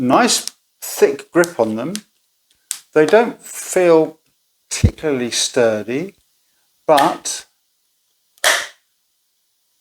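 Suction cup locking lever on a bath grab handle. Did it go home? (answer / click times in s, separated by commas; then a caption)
released / 8.4 s. Someone talks while handling a suction bath grab handle. At 8.4 s the handle's plastic locking lever is flipped to release the suction cups, giving a sharp snap, a nice click as it undoes and releases.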